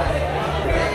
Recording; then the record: background sound without coughing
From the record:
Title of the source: CITY SOUNDS Busy Bar in the Evening Night - 2 HOURS of Ambiance for Relaxation